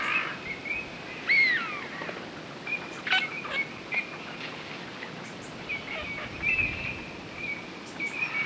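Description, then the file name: Eurasian teal calls: short high whistled notes and piping calls in scattered bursts, some rising and falling, with a quiet background. "Alzavola"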